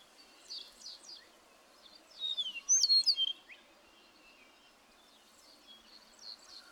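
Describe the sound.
Bird singing a short burst of quick, high chirps and sharply rising and falling whistles, with weaker twitters before and after against steady background hiss.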